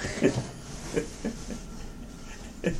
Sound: laughter

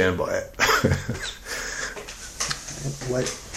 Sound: laugh

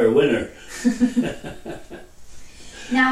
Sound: laughter

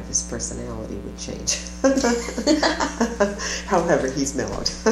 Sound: laughter

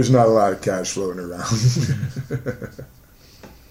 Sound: laughter

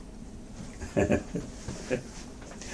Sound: laughter

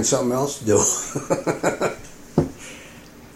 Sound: laughter

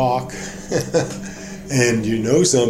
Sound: laughter

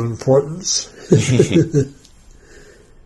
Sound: laughing

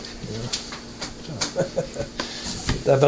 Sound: laughs

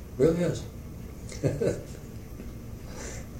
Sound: laughter

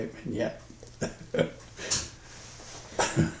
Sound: laughs

